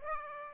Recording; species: mosquito wingbeat signal from an infrared sensor; Aedes aegypti